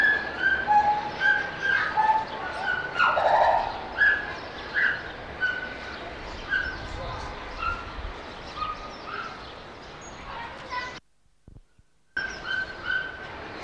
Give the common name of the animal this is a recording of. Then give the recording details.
Pileated Gibbon. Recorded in captivity. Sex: male. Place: Zoo Berlin, Berlin, DE. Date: 1989-03-08 10:55. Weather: leicht bedeckt, 4-8°C. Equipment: Sony WM-D6C, Kopie 19 cm. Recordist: Tembrock, Günter. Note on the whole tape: Männchen: Lautfolgen (nicht gesehen)